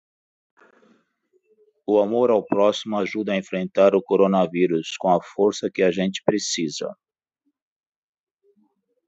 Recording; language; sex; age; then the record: spoken sentence; Brazilian Portuguese; male; 60 to 69 years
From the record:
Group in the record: control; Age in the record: 65 years